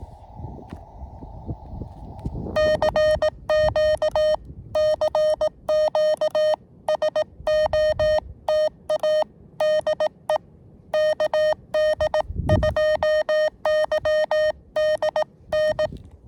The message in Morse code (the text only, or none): CQ CQ SOTA DE KD2YDN